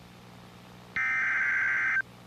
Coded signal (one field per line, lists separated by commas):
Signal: Emergency Alert System (SAME) tones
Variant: header bursts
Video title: A Quiet Friday Afternoon | EAS Alerts from 8/7/26